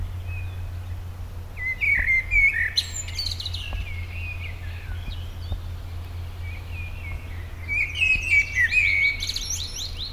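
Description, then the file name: Common blackbird giving two song phrases several seconds apart, each a fluty warble sliding into thin, squeaky high notes, against a steady low hum. "Turdus merula"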